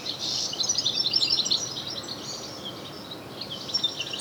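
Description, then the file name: European goldfinch twittering song, busy high chirps and trills that are strongest early and thin out toward the end, over a soft background hiss. "Carduelis carduelis"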